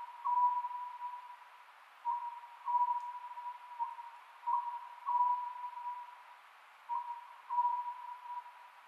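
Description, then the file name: Oriental scops owl calling repeatedly, each phrase a quick higher note followed by lower drawn-out hoots, coming about every two and a half seconds with steady hiss. Recorded on 27 May 2010 at 22:21. "konohazuku-20100527-2221"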